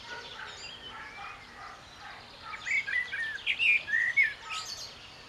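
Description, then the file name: Common blackbird giving a run of clear, chirping whistles in the second half over faint background hiss. "Turdus merula"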